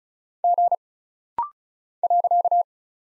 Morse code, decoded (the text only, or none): G .